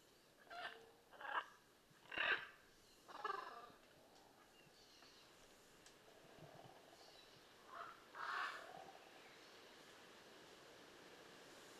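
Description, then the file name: Blue-and-yellow macaw giving a string of four rough squawks about a second apart, then two more after a quiet gap, over a steady hiss. "Blue and yellow Macaw Ara ararauna"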